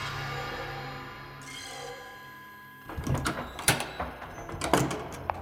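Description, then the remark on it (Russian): A chair is shifted about with a series of wooden scrapes and knocks, irregular bursts following a few seconds of low steady hum, with no voices. “О, а вот и стульчик.”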